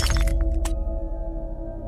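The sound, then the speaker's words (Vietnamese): A mirror shatters as a small child bashes its face into it, a loud crash of bright, jagged glass fragments over the first three-quarters of a second, then a low sustained drone lingers underneath as the debris settles. “Bộp, bộp, cho đến khi choang, là tiếng tấm gương đã bị vỡ.”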